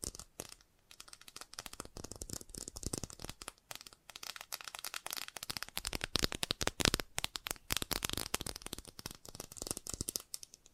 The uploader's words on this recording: FAST TAPPING (No Talking).